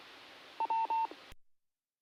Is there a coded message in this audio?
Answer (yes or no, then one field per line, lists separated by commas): no